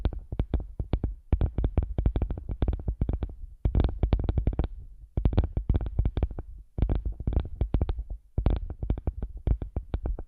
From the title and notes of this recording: ASMR using Headphones as a Mic Brain Melting Massage Triggers. (No Talking).